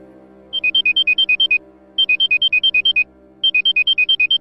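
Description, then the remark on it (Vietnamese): A phone rings as a young man calls his mother at home, in three bursts of rapid, alternating high-pitched beeps, each about a second long with short pauses between, fairly loud over a low steady hum and no talking. “tôi sực hối thằng Hoàng gọi điện về cho má nó, hỏi xem tình hình ở nhà như thế nào”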